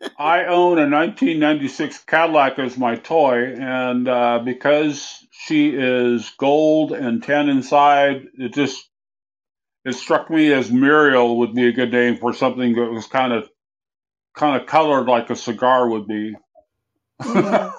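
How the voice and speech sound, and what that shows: A man talks in a steady mid-pitched voice, with drawn-out sounds, hesitant restarts and pauses. Vowels are heavily nasal and consonants are soft or dropped. This is mildly slurred speech, a temporary result of recent surgery in December to remove a brain tumor, an acoustic neuroma (vestibular schwannoma), found on MRI; he is in the healing stages.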